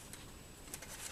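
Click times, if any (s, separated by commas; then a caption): 0.7 s. A swappable plastic backpack is pushed into the back of a 12-inch action figure and pops into place, with a sharp click at 0.7 s. A softer tick comes earlier at 0.1 s over steady low background noise.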